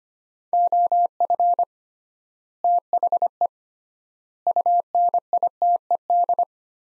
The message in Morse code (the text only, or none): OF THE UNITED